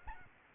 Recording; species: mosquito wingbeat signal from an infrared sensor; Aedes albopictus